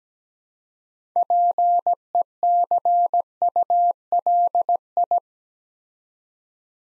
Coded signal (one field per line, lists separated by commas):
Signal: Morse code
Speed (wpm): 17 wpm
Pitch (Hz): 700 Hz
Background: none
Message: PECULI